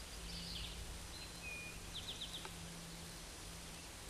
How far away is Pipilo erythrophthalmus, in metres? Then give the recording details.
about 95 m. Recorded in a Pennsylvania forest on 17 May 2023 at 13:27. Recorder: AudioMoth, point grid1_34_low. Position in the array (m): 117 m, 102 m